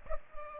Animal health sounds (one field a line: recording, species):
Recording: mosquito wingbeat signal from an infrared sensor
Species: Culex pipiens